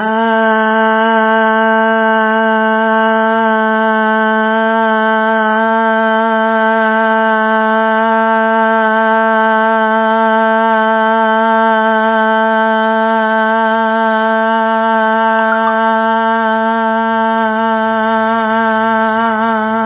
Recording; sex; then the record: sustained vowel /a/; female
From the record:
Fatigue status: no fatigue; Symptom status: asymptomatic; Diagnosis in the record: COVID-19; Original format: 3gp